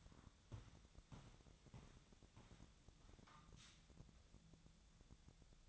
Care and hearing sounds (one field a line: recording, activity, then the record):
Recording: daily activity, microphone in the room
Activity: walk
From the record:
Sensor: 3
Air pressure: 1012.2 hPa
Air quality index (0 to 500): 184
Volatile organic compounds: 3 ppm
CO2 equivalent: 1412 ppm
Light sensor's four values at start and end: 53/141/61/64 and 54/143/62/65